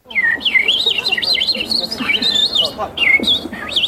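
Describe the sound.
A contestant in a bird-imitation championship whistles an imitation of a European robin's song, presented in the first round as the sound of a bird living in Poland: high, warbling phrases that slide up and down in quick trills, with a brief pause before a final flourish.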